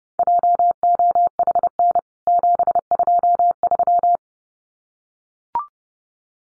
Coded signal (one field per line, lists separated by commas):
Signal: Morse code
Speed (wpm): 30 wpm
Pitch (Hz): 700 Hz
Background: none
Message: JOHN 723